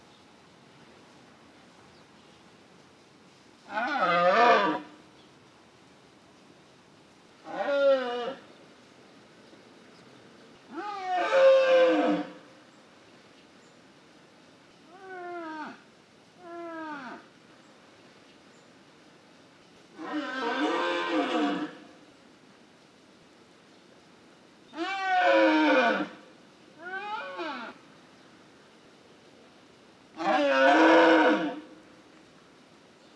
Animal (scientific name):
Cervus canadensis